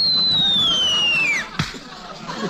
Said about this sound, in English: Dennis, what was that? I broke the sound barrier.